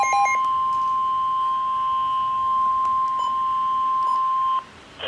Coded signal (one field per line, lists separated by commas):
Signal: Emergency Alert System (SAME) tones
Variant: 1050 Hz attention tone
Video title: Again! | EAS #69